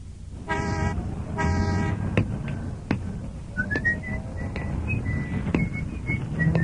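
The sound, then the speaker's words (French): Two short, blaring car horn honks sound over a low rumble of traffic, followed by a few faint, high chirping whistle-like tones. “Une voiture.”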